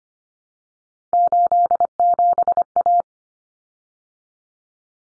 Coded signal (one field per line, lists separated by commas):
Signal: Morse code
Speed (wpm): 25 wpm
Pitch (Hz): 700 Hz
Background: none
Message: 87A